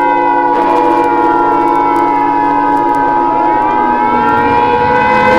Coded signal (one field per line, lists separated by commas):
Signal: Emergency Alert System (SAME) tones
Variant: 853 and 960 Hz attention tone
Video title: EAS Scenario - Killscreens